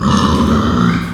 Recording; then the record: squeal of a Yucatan mini pig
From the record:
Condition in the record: after surgery on the right vocal fold (resection and tissue-engineered implant); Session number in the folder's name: 12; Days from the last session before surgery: 105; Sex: female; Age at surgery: 19 weeks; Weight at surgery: 25 kg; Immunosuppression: prednisolone